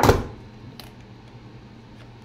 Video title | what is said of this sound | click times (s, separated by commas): Accessoires pour XIEGU X6100 | pas évident avec et voilà c'est clipsé on serre la petite vis qui est là et | 0.8 s